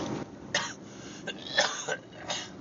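About five short, dry coughs or throat-clearing bursts from an adult man, spread over under three seconds, each sharp and brief, with faint car-interior noise behind them. This is a repeated acute cough, with a sore, swollen throat and a fever of about 38.6 °C; a strep test was negative and cough medicine was given.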